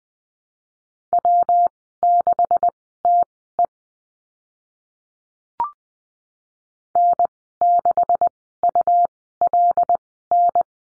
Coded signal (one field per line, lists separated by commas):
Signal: Morse code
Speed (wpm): 20 wpm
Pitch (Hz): 700 Hz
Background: none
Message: W6TE N6ULN